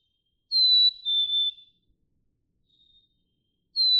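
Black-capped chickadee giving one clear two-note whistled song, high note then lower note, with the start of another at the end.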